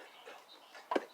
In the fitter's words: you'll kind of hear it pop when it goes over that O-ring